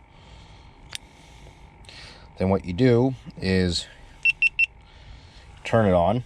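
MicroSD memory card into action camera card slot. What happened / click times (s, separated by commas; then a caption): The memory card latched into its slot / 1.0 s. A microSD memory card is pressed fully into an action camera's card slot and latches with a sharp, strong click at 0.9 s. Someone talks, and three short high beeps sound near the end.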